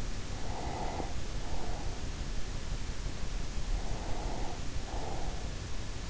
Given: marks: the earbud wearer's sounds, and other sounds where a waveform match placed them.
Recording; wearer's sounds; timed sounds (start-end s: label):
sounds in sleep by an in-ear microphone; breath
0.28-2.42 s: breath
3.88-5.96 s: breath